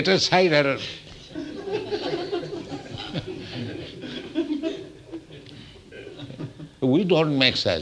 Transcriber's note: laughter